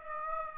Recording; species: mosquito wingbeat signal from an infrared sensor; Aedes aegypti